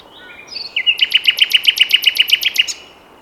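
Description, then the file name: Common nightingale singing a few soft whistled lead-in notes, then a fast, rhythmic run of many sharp repeated notes that stops abruptly. "Luscinia megarhynchos"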